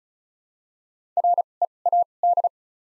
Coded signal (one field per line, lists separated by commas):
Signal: Morse code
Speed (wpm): 36 wpm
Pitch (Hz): 700 Hz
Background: none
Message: R E A D